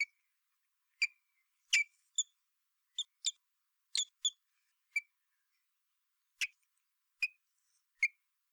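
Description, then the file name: Common blackbird calling with a run of sharp, clicky chink notes, about a dozen spaced irregularly across the stretch, some in quick pairs. "Turdus merula"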